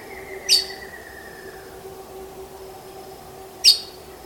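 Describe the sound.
Bird giving two sharp, high chirps about three seconds apart over a faint steady hum.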